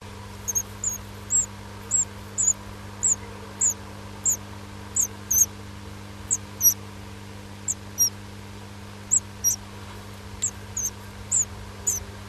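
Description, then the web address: Bird calls, very high thin squeaks, short notes repeated many times over a steady low hum. Recorded in a nest box on 7 May 2005 at 18:36. "nistkasten 20050507 1836"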